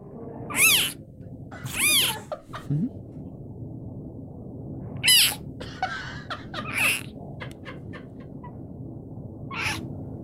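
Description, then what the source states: Clouded leopard cub giving several short, rising-and-falling wailing cries, scattered irregularly over steady background hiss. Baby clouded leopard, newest baby just debuted at a zoo in Tampa Bay; roaring, sounds a little tired.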